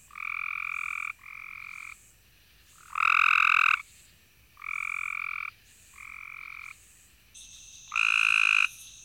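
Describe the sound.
Cope's gray treefrog calling, short harsh buzzy trills about a second long, repeated by several frogs in turn at different loudness.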